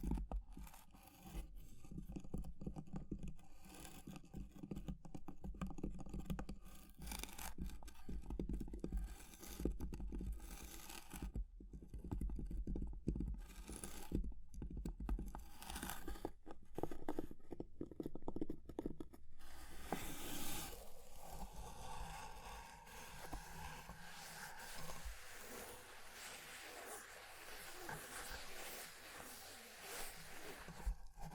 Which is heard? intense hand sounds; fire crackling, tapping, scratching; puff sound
fire crackling, tapping, scratching